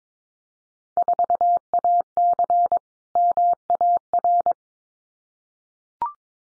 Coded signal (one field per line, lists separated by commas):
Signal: Morse code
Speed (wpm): 22 wpm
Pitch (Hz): 700 Hz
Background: none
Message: 4AC MAR